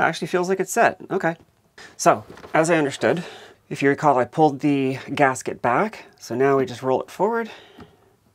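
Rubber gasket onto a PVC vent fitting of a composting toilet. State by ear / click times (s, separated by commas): not seated / none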